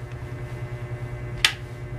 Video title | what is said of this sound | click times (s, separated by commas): Honest Review - Chest Mount Strap Phone Holder | Ayun. So, pag narinig yung click sound, ibig sabihin, nakabit na siya. So, secured na siya. | 1.4 s